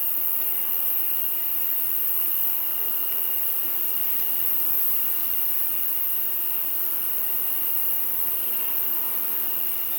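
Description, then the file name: Crickets calling in a dense, continuous chorus, a steady high shimmering drone with a thinner band below, unbroken throughout. In the Camargue. "Crickets And Frogs In Camargue"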